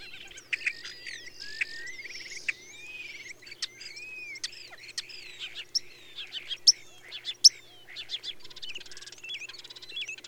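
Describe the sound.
Birdsong: a varied, continuous jumble of whistled slurs, sharp clicks and rising notes, over a faint steady low hum.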